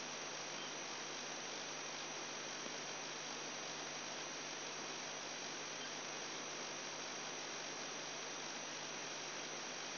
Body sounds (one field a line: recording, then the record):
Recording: brain microelectrode recording played as sound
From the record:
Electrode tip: outside the subthalamic nucleus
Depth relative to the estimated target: -4 mm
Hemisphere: right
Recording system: AlphaMap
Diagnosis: Parkinson's disease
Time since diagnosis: 10 years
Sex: male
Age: 58 years